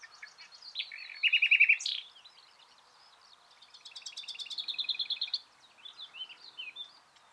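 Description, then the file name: Common nightingale giving a loud rapid rattle of repeated notes, a pause, then a long series of quick repeated notes and soft phrases. "Luscinia megarhynchos"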